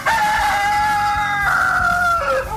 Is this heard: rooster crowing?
yes